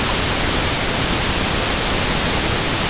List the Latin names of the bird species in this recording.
none